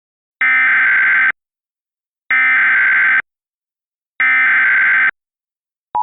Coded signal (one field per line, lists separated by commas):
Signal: Emergency Alert System (SAME) tones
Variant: header bursts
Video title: EAS Scenario: Parkland High